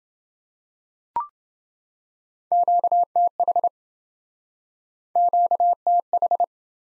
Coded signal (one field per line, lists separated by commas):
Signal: Morse code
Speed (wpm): 27 wpm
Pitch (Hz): 700 Hz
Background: none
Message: QTH QTH